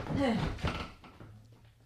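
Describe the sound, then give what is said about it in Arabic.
A door swings shut with a single dull thunk, followed by a softer knock and a fading rattle. A brief voice sounds just before the shut. “اقفل الباب اول.”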